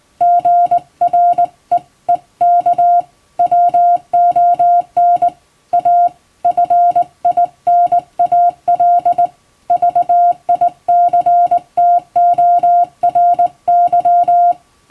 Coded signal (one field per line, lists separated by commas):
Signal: Morse code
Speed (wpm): 20 wpm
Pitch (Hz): 700 Hz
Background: music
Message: GREEK WON A FINAL VICTORY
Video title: 手打ちで綺麗にモールス信号を打てるとカッコイイ！練習すれば打てます！欧文モールスを欧文電報練習帳で打ってます！YouTubeの再生速度を調整して聴いてみよう(morse code practice)